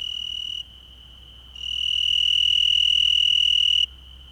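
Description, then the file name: Cricket giving a continuous high, pure-toned trill, pausing for about a second before resuming louder, over a low steady hum. Recorded at night on 6 July 2006. "20060706 Night Cricket"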